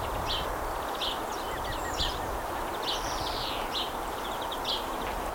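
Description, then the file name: Common chaffinch giving short, sharp high calls repeated roughly once a second over steady background noise. "Fringilla coelebs"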